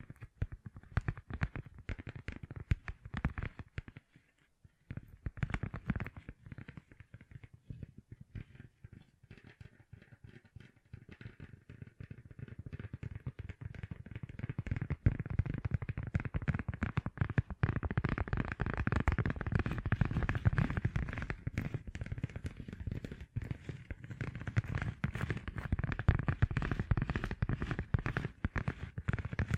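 Fingertips covered in gems tap and scratch in dense, rapid bursts of sharp clicks that keep going throughout. The activity thins briefly around five seconds, then builds, growing louder and busier after fifteen seconds with a rough scratching texture under the quick taps.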